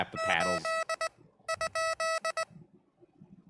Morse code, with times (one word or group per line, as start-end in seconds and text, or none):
0.2-1.1 8
1.5-2.4 ?